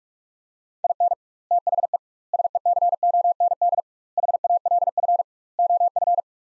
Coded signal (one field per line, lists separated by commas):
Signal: Morse code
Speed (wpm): 48 wpm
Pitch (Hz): 700 Hz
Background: none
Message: IN THE SECOND HALF OF